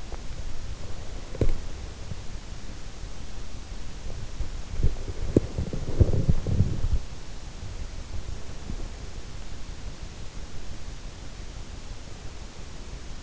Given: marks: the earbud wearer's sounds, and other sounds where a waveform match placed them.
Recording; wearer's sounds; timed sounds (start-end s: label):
sounds in sleep by an in-ear microphone; body movement
0.00-13.23 s: body movement